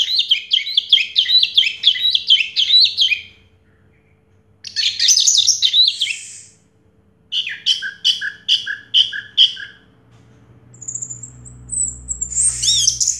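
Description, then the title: Orange-headed thrush song: fast, trilling phrases, then a series of rapidly repeated notes, then a long, thin, high whistle and a final burst. Call used to prompt a silent orange-headed thrush to sing. "Anis Merah Macet.. Pancing Dengan Suara Ini.. # Anis Merah"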